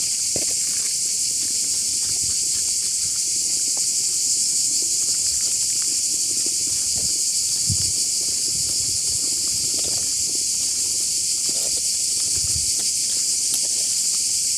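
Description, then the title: Cicada chorus: many cicadas merging into one continuous, unbroken high shrill buzz. Numerous cicadas calling from all directions at an artificial lake in Tirana, Albania; recorded standing in the centre of a dirt road. "Soundscape of Liqeni Artificial I Tiranes"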